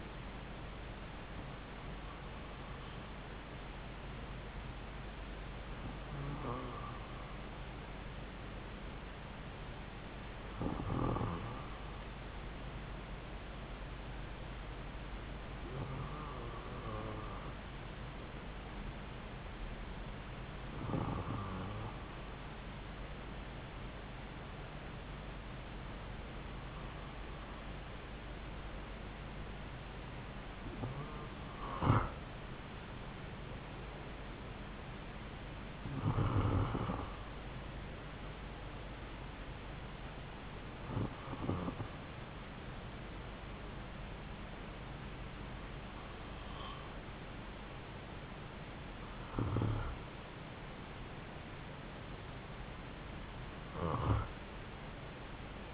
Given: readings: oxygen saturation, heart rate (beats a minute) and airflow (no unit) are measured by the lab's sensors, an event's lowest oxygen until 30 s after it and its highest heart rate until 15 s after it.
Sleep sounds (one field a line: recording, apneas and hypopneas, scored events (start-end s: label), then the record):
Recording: breathing in sleep by a voice recorder at the bedside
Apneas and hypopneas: none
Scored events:
none scored
From the record:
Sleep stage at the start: N2 (light sleep)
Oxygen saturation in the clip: 93 to 95%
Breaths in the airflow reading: 12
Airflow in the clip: -3.3 to 4.0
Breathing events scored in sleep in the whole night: 270 in 6.1 hours asleep